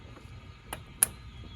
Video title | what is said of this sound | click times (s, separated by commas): Replace 25hp Mercury outboard spark plugs and wires - DIY | and you heard the click from here spend a couple minutes make | 1.0 s